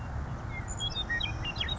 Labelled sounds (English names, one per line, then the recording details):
Savannah Sparrow
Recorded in Sonoma County, California